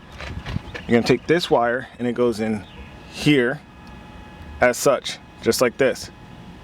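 Someone talks while handling the plug-and-play adapter wire connector of a wiring harness as it is guided toward its mating socket for an F1-style brake light on a WRX. The speech sits over a quiet background, with a brief sharp sound near 0.2 s. The connector has not snapped in or locked yet; nothing has seated.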